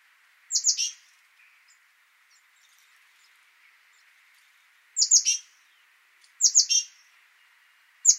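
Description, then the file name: Great tit calls: brief clusters of sharp, high, downslurred notes, separated by gaps of one to four seconds. "Parus major"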